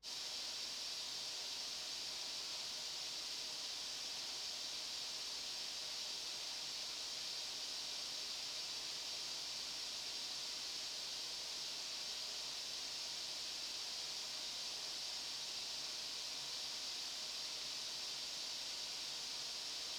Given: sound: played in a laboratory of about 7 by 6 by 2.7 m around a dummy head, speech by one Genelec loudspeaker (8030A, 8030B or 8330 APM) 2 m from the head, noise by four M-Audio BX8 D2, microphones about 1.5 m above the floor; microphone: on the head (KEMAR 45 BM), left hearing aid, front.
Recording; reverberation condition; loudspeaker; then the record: white noise; medium; four, about 170 cm from the corners of the room and facing them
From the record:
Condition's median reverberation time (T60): about 510 ms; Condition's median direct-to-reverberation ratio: about -0.5 dB